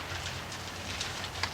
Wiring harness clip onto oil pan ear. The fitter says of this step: and it snaps right into place.